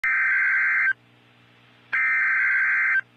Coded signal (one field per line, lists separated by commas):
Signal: Emergency Alert System (SAME) tones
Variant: header bursts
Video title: Tornado Warning (EAS #425)